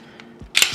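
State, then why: Seated. The takedown pin of a Smith & Wesson CSX pistol, lined up with its hole in the slide, is pushed down into the pistol frame after faint handling noises. It pops into place with a sharp metallic click at 0.6 s, followed by two more sharp clacks, and the pin is seated.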